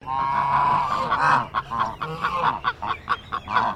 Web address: Sound Effects-Foundation 1 BIRD GEESE CHINESE HONK